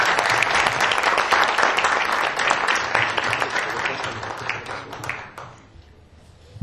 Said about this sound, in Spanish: Un aplauso, por favor, para nuestros panelistas.